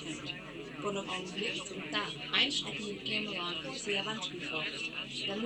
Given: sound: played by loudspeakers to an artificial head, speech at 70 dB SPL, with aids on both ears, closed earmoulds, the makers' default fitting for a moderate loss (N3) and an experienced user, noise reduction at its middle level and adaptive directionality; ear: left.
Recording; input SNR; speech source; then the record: speech test signal (ISTS) in cocktail-party noise; +3 dB; on the right (90 degrees)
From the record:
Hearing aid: class 1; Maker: C